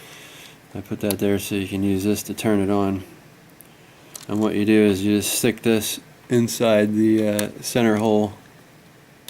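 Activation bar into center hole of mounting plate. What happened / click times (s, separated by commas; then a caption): The bar is handled but has not yet clicked into the plate / none. Someone talks while handling an activation bar from a clip, getting ready to stick it into the center hole of a three-hole mounting plate and press down to switch the unit on. Faint handling sounds come between the phrases. Nothing has seated or clicked yet.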